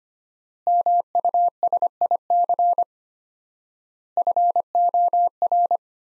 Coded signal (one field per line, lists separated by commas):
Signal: Morse code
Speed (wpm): 25 wpm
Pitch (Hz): 700 Hz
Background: none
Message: MUSIC FOR